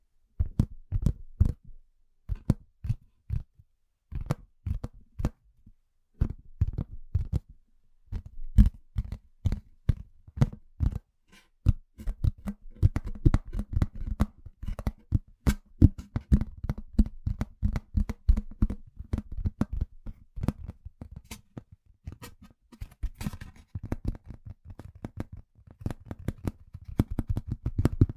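Household objects knocked and handled in sharp, irregular clicks and thumps, sparse at first, then growing denser and busier after about twelve seconds.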